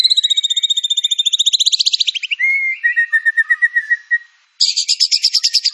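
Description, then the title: White-rumped shama song: a long rapid rising trill, then steady lower warbled notes, a brief silence and a high buzzy rapid trill. Lure song (pancingan) of white-rumped shama with full filler (isian) material. "PANCINGAN MURAI BATU. MURAI BATU FULL MATERI ISIAN"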